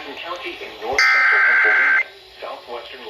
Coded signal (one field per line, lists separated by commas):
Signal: Emergency Alert System (SAME) tones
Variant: header bursts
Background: speech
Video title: STORMS IN THE NORTH... EAS Alerts from 7/25/22 (EAS #1,095-1,125)